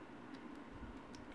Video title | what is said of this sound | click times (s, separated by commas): brawl 2 bot mode | kind of snap into place but not really | 1.1 s